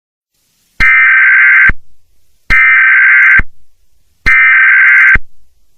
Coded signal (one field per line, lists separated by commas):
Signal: Emergency Alert System (SAME) tones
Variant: header bursts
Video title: Eas Scenario(Analog Horror) Blue Moon Virus